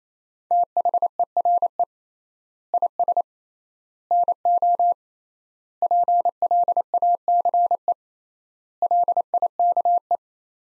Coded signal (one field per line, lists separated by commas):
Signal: Morse code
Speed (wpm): 28 wpm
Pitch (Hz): 700 Hz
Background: none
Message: THERE IS NO PLACE LIKE